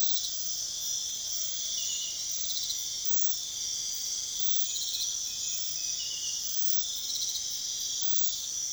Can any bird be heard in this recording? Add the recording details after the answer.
no. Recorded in pastures near Puerto Asís, Putumayo, Colombia, on 29 June 2025 at 04:30. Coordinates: 0.502, -76.324. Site G010